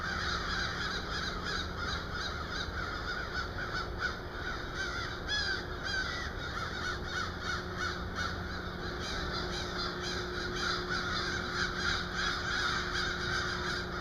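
Crows calling, harsh caws repeated irregularly throughout against a steady background hum and noise.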